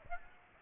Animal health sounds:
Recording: mosquito wingbeat signal from an infrared sensor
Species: Aedes aegypti

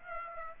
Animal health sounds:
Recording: mosquito wingbeat signal from an infrared sensor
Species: Aedes aegypti

